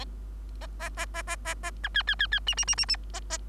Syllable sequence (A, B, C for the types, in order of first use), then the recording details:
A A A A A A A B C C C C D D D D D A A. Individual Bird3